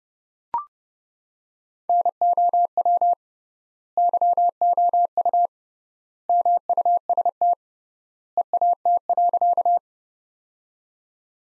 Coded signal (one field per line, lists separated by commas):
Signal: Morse code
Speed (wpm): 30 wpm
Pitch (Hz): 700 Hz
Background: none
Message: NOW YOU MUST EAT.